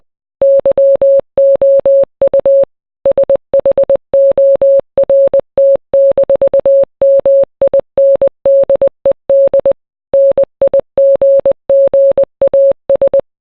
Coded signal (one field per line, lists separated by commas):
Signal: Morse code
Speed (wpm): 20 wpm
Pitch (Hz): 550 Hz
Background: none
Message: YOU SHORT-MINDED NIGGAS